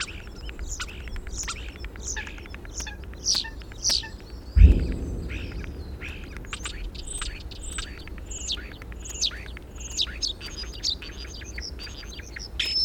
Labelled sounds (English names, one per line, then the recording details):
European Starling
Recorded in the wild
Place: Staphel, Insel Rügen, Mecklenburg-Vorpommern, DE
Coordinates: 54.441, 13.335
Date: 1972-04-29
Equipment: Nagra III BH, Sennheiser MD 21, parabola
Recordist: Schubert, Michael
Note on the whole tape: Gesang Star u. a. mit Imitation v. Frosch u. Dohle